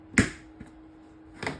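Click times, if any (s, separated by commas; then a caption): 0.2 s. The chain brake lever piece on a Stihl MS201TCM chainsaw is pushed home into the handguard assembly so it locates and holds the plate and spring in position. A sharp, loud click sounds at 0.2 s, followed by a fainter tick near 0.6 s and a softer knock at 1.5 s over a steady low hum. The piece is seated.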